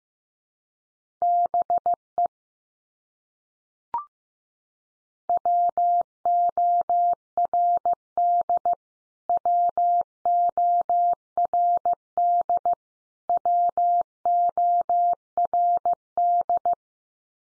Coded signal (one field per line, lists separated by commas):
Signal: Morse code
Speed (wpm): 15 wpm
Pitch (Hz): 700 Hz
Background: none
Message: BE WORD WORD WORD